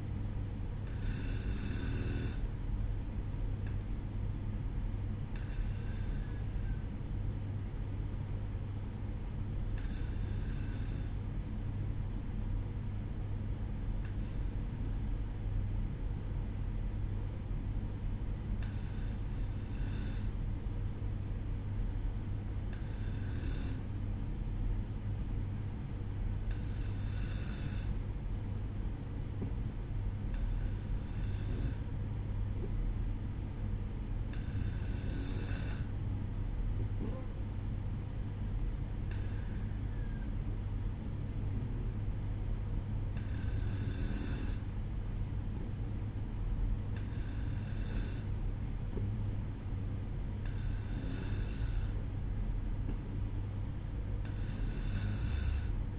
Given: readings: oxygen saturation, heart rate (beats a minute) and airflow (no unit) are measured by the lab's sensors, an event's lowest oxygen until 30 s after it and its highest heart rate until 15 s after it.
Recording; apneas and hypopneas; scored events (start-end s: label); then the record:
breathing in sleep by a smartphone at the bedside; 1
9.00-38.60 s: hypopnea (N2, oxygen 95% highest, then 93% lowest, heart rate 60 at the start, 63 highest)
From the record:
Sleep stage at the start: N2 (light sleep); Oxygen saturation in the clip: 93 to 95%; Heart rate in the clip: 58 to 63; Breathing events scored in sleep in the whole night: 305 in 9.6 hours asleep